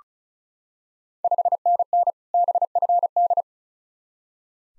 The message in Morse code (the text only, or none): 5NN BFD